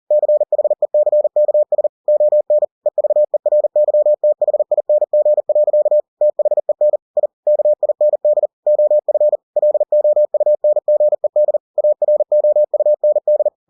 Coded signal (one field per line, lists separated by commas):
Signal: Morse code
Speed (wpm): 40 wpm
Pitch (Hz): 600 Hz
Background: none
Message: CHECKS ON EVERYTHING. THEN I KIND OF LOUNGED AROUND